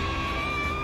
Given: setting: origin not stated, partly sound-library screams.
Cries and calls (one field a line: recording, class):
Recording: one-second piece from a danger detection set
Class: woman in danger